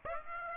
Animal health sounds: mosquito wingbeat signal from an infrared sensor; Aedes aegypti

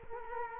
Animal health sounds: mosquito wingbeat signal from an infrared sensor; Culex quinquefasciatus

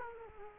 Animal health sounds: mosquito wingbeat signal from an infrared sensor; Culex quinquefasciatus

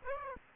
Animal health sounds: mosquito wingbeat signal from an infrared sensor; Aedes aegypti

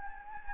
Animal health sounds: mosquito wingbeat signal from an infrared sensor; Anopheles gambiae

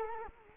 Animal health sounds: mosquito wingbeat signal from an infrared sensor; Culex quinquefasciatus

